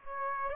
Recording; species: mosquito wingbeat signal from an infrared sensor; Aedes aegypti